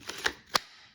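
The removable part of a Bolte Gemini Cavalry II knife in A8 steel is taken back out of the knife body. After a faint tick near 0.1 seconds, short, sharp clicks at 0.3 and 0.6 seconds mark the part unclipping and coming free, released.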